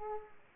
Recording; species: mosquito wingbeat signal from an infrared sensor; Aedes aegypti